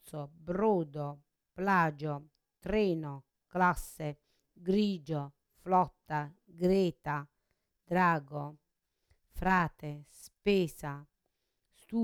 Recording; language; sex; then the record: read list of words; Italian; female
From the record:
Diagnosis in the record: Parkinson's disease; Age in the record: 63 years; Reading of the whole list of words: 61 s, 4.6 characters per second